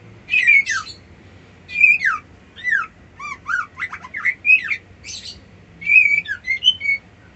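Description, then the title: White-eye singing a lively run of high, sweet, sharply slurred chirps, phrases following one after another. Song style known locally as ngerol ngalas. "Suara Burung Pleci Ngerol Ngalas"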